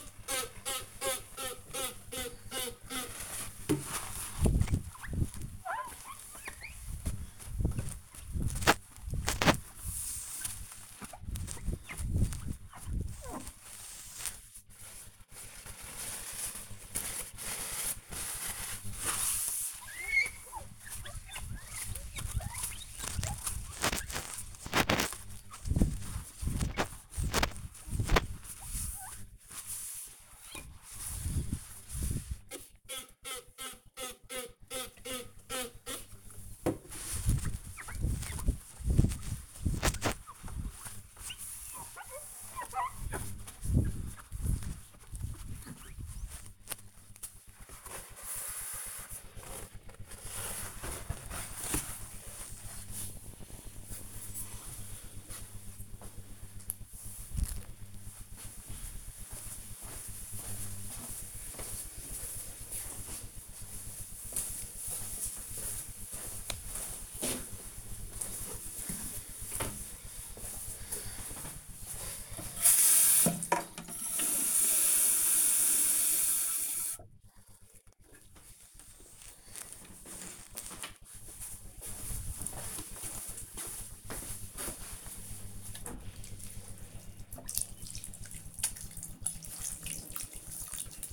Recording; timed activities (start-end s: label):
household activities, microphone on the right wrist
0.00-51.67 s: window cleaning
67.76-91.13 s: watering plant